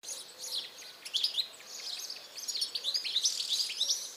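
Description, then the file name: European goldfinch twittering, rapid liquid chirps and buzzy high notes tumbling together, growing busier in the second half. "Carduelis carduelis"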